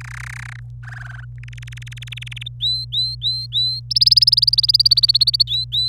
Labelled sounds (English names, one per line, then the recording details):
Domestic Canary song
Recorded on 26 April 2018 at 05:58
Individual llb3